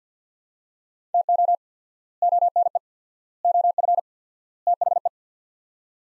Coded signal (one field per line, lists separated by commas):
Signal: Morse code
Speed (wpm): 50 wpm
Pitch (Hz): 700 Hz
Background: none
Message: TO ONE OF THE